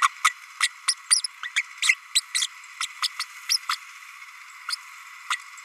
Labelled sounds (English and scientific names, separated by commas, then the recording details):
Green-rumped Parrotlet (Forpus passerinus) babbling
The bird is a female
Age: 32 days
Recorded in a nest box in Venezuela
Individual 17B32A5